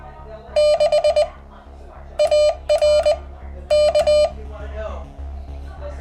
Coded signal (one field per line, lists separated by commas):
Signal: Morse code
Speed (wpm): 20 wpm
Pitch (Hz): 600 Hz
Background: speech, music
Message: 6 AR K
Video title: How to build a QCX Mini - Part 9 - Case Fitment, POWER, QSOs